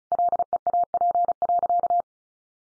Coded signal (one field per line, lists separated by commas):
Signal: Morse code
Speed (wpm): 34 wpm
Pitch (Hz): 700 Hz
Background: none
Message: LEAP.